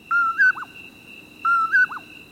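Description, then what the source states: Common Poorwill calls, a short steady whistled note followed by a higher slurred note and a quick dipping final note, given twice over a steady high background hum. Heard in summer in the Southwest, the call greeting the moonrise.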